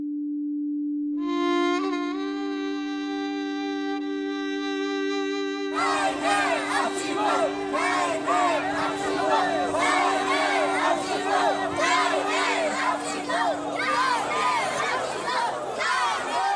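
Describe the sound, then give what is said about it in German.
A steady, buzzing held tone plays alone for several seconds, then a loud crowd of young voices breaks in, chanting "Afghanistan is dangerous" at a demonstration of Afghan refugees, shouting slogans together over the droning note until the end. “Jugendliche skandieren, Afghanistan ist gefährlich.”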